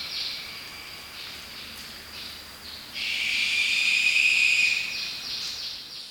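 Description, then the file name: Lesser sooty owl whistle, a sustained high tone held nearly two seconds, preceded and followed by quick, regularly repeated descending chirps in the background. "Lesser Sooty Owl Tyto multipunctata"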